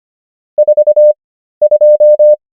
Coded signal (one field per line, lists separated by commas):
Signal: Morse code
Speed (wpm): 25 wpm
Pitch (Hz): 600 Hz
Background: none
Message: 42